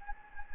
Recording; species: mosquito wingbeat signal from an infrared sensor; Anopheles gambiae